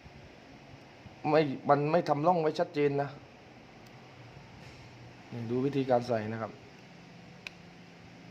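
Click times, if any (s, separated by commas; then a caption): 7.5 s. During a screen replacement on a Realme C33 smartphone, a thin internal cable is pressed into a plastic groove or clip in the phone frame. A man talks in two bursts, then after a quiet pause a single sharp click sounds at 7.5 s as the cable seats in its groove.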